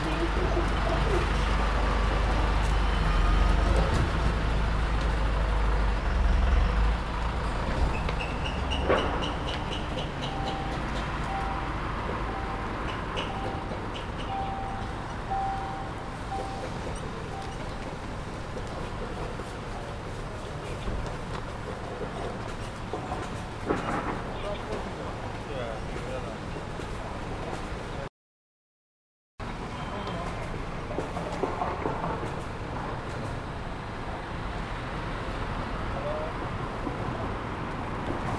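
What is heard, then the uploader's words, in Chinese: City street sounds while waiting by a university gate: steady traffic rumble, scattered voices, a faint bird call, and a brief silent gap near 28 seconds. 仿佛在北大南门等人｜城市声音。气温在1度左右。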